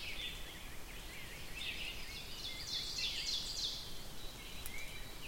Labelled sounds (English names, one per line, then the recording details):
Ovenbird song
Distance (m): 70 m
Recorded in boreal forest in Alberta, Canada, on 5 June 2016 at 07:05
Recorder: SongMeter 3, array SBT-3-51
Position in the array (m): 194 m, 9 m
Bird 27